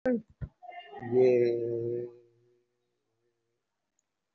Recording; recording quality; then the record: sustained vowel as in made; excellent, no background noise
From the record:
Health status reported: respiratory illness, not identified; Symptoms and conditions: cough, cold, breathing difficulty, sore throat, fatigue, chronic lung disease, pneumonia, another condition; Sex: male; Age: 62 years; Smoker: yes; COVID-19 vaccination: both doses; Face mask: worn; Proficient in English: no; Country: India